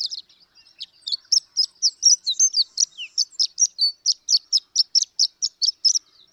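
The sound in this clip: Horned lark song, soft opening notes building into a steady, rapid series of high, sharp chips.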